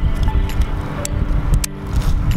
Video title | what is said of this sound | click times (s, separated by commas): Changing A Tail Light - Replacing My Tail Light - Oreilly - LIFE OF A TRUCKER | Just like that. When you hear that click noise, you're good. | 1.6 s